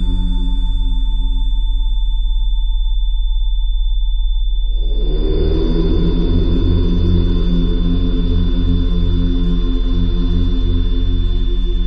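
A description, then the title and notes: A steady, pure high tone at 3520 Hz runs unchanged through the whole clip over a constant low hum. Around the five-second mark a dense, rumbling low drone swells in and stays, thickening the sound beneath the unwavering whistle. 3520HZ third eye activation frequency.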